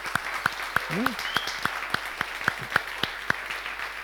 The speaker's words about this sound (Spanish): Yo quiero que los aplaudamos en el Señor a ellos también. Y gracias.